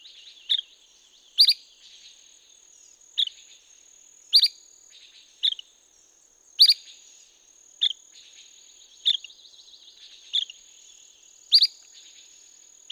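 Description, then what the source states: La Sagra's flycatcher repeating sharp high call notes roughly every one to one and a half seconds, over a continuous insect whine and buzzing. Recorded 17 May 2016.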